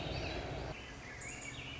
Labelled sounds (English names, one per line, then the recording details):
Swainson's Thrush
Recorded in Sonoma County, California